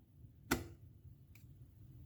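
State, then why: Seated. An AMD Ryzen 7 3700X desktop processor is lowered into its motherboard socket and let go so it settles into place, giving a sharp click at 0.5 s and a much fainter tick at 1.4 s over a low background hum. The CPU is seated in the socket.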